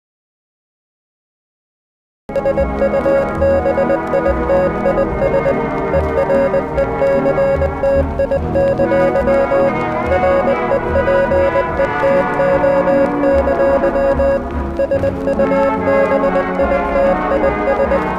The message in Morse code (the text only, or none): SUBITIS ERECTI! REPETO! SUBITIS